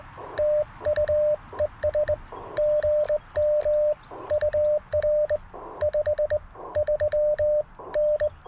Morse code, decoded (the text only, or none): TU ES GM UR 53N